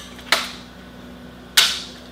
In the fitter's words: and it locks in place